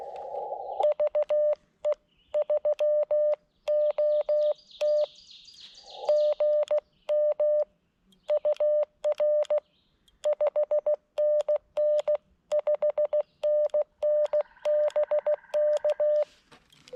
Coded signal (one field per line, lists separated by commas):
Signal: Morse code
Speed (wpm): 15 wpm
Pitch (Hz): 600 Hz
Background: none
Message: VE3OT GM UR 5NN 5NN BK